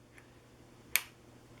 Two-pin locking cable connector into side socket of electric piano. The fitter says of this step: just plugs into the side here locks